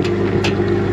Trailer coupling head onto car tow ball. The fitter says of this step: je suis sûr qu'il est bien enclenché tu vois